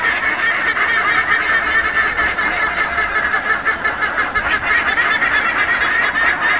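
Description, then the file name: Buff-necked ibis honking calls, a dense overlapping chorus of loud, nasal notes repeated rapidly and continuously throughout, from several birds calling together. Several birds, named by the local name bandurrias, in Frutillar, Chile. "Bandurrias Theristicus caudatus in Frutillar Chile"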